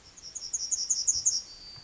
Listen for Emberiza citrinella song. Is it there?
yes